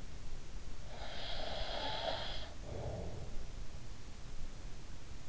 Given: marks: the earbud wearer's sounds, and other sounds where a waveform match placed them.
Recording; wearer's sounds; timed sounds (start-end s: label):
sounds in sleep by an in-ear microphone; breath
0.68-4.02 s: breath